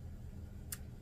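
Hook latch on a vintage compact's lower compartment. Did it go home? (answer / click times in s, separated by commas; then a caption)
released / 0.7 s. A small hook latch on the lower compartment of a vintage metal compact is pulled open to get at the powder puff. A single short, sharp tick sounds at 0.7 s over a steady low background hum, and the latch is released open.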